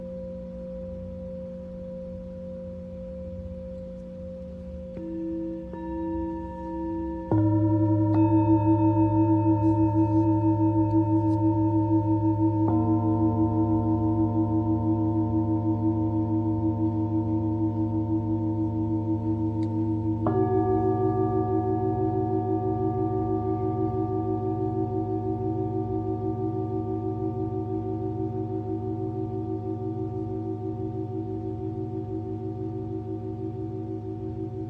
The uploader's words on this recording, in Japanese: シンギングボウルのサウンドヒーリングライブ。